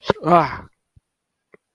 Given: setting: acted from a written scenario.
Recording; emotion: vocal sound without words; disgust